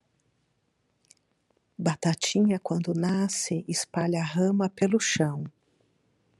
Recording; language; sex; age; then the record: short text; Brazilian Portuguese; female; 40 to 49 years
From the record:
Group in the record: control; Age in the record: 47 years